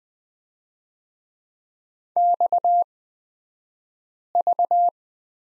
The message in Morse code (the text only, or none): XV